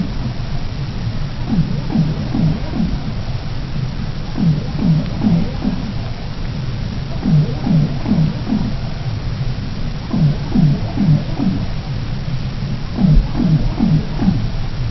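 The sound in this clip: Minke whale calls: clusters of low, downward-sliding pulsed grunts repeated in bursts every few seconds over a constant deep rumble.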